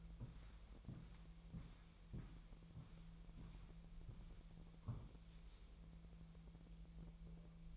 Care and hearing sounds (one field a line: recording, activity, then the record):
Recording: daily activity, microphone in the room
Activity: walk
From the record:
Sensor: 1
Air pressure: 1002.1 hPa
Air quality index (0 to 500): 237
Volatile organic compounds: 92 ppm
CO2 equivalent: 3703 ppm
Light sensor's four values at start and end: 8/19/8/9 and 8/18/7/9